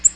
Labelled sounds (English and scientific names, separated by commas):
Black-throated Green Warbler (Setophaga virens) flight call